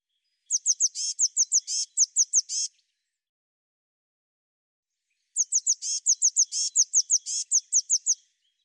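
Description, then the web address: Eurasian blue tit giving two long rapid series of high, thin, downslurred notes with a few buzzier elements, each series about two to three seconds long, separated by a pause. "cianscape birddata Deverinetal 2025 File cleaned normalized Bird Cy Ca"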